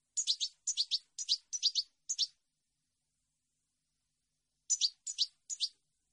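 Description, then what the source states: European goldfinch giving crisp double chirps in a steady series, five pairs, a long silence, then three more pairs. Clean goldfinch song on CD, for birds to copy as song training.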